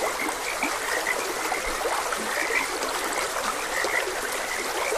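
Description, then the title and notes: Frogs croaking in a dense chorus, many overlapping mid-pitched notes blending together over a steady hiss of running water. Frogs croaking beside a gentle stream. "Gentle Stream and Frogs Croaking. Sleep and Relaxation Podcast"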